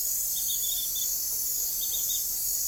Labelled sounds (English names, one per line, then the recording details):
none
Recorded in forest near Pivijay, Magdalena, Colombia, on 3 June 2023 at 00:30
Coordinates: 10.467, -74.380
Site Z5-G034